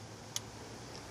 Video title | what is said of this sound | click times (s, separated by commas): DIY Spark Plugs | your manual for the right amount of foot-pounds set it and then move it till you hear the little click and that's when you're at the right tightness | 0.4 s